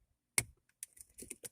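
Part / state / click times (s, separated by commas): carbon fiber interior trim cover onto car center console control area / seated / 0.4 s, 0.8 s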